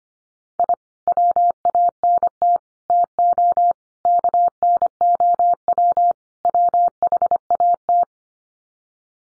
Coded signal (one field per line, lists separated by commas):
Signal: Morse code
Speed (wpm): 25 wpm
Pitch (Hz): 700 Hz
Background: none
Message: I WANT TO KNOW WHAT